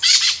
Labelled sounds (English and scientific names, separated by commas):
Brown-throated Parakeet (Eupsittula pertinax) contact call